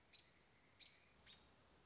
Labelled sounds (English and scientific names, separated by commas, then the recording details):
American Robin (Turdus migratorius)
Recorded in Sonoma County, California